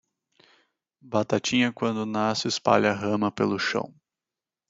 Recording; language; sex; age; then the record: short text; Brazilian Portuguese; male; 20 to 29 years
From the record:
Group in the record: control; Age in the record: 21 years